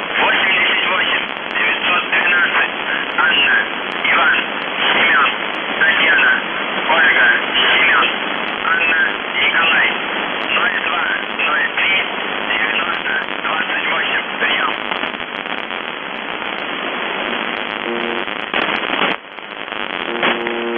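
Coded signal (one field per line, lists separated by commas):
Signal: numbers station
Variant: UVB-76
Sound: a voice reading a message through hissy shortwave static, with a brief low buzz near the end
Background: radio static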